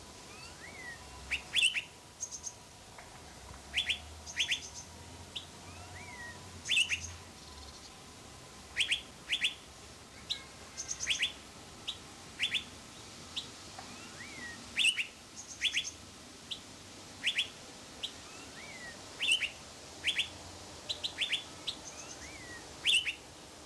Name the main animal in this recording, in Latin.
Aplonis metallica